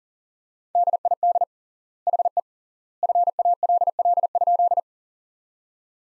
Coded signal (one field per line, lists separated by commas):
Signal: Morse code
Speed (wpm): 40 wpm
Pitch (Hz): 700 Hz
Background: none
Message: DID HE FALL?